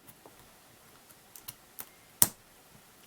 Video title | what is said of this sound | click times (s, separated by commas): How to build a model car kit Autocar DC-9964B dump truck edition | clicking in that's a good sign | 2.2 s